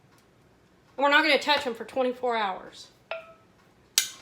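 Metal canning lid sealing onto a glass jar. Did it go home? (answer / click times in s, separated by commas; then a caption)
yes / 3.1 s, 4.0 s. Metal canning lids seal onto hot glass jars of fig preserves, fresh from the water bath canner, as they cool. The lids pull down under vacuum with sharp pings, one faint at 3.1 s and a much louder, bright one at 4.0 s, after someone talks. The jars have sealed.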